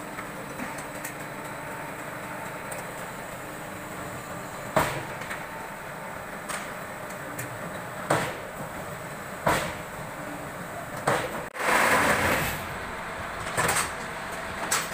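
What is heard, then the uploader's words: A concrete brick machine runs with a steady mechanical hum and rattle underneath. Sharp knocks and clanks cut through every second or two, with louder thumps around five, eight and ten seconds. A brief dropout near eleven seconds gives way to a harsh grinding burst. ABM4S-15 Concrete Brick Machine Working Malaysia.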